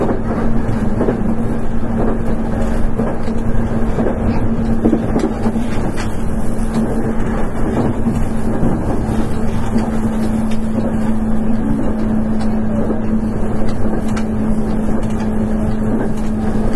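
Running sound from inside a Nankai 8300 series electric train, an airport express, heard as a steady low rumble with a constant motor whine holding one pitch throughout. Faint clicks and rattles scatter across the whole stretch, with no pauses or major changes.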